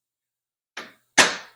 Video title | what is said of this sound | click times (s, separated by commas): Transfer Pump w/Honda GX 200 Engine: Only Runs When Choke is on Full | pop it on until it clicks | 0.8 s